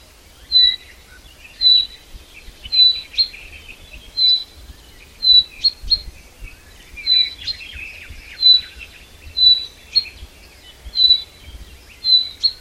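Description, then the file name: Common chaffinch uttering a sharp, high whistled note again and again at about one-second intervals, with scattered softer twitters mixed in. "Fringilla coelebs"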